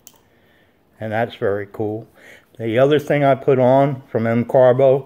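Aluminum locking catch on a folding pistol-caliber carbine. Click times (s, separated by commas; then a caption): 0.1 s. A KelTec SUB2000 folding pistol-caliber carbine is unlatched and unfolded, and its aftermarket M-Carbo machined aluminum locking catch snaps into place with one sharp click at 0.1 s, seating the catch. After a quiet pause, someone talks.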